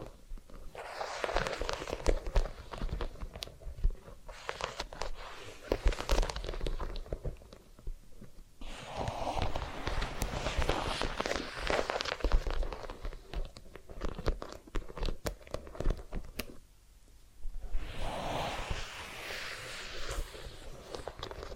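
Massage and ear cleaning sounds come in dense bursts of crackling, rubbing scratches with short pauses between them, bright and busy throughout.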